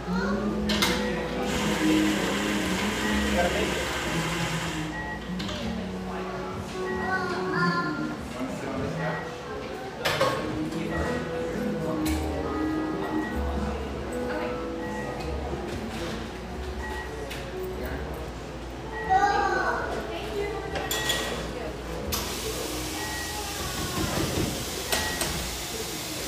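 Busy cafe chatter fills the whole stretch, many voices overlapping in a steady murmur. Sharp clinks and clatters of dishes break through every few seconds, with a louder burst of hiss and clatter near the twentieth second and a low rumble underneath throughout.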